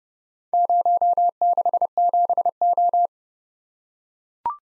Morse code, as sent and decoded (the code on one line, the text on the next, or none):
----- -.... --... ---
067O